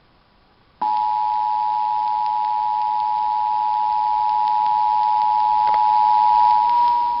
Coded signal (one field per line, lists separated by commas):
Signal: Emergency Alert System (SAME) tones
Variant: 853 and 960 Hz attention tone